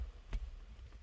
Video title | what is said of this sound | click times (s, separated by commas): A 1971 Datsun Pl521 | just pull it out and it'll snap into place | 0.3 s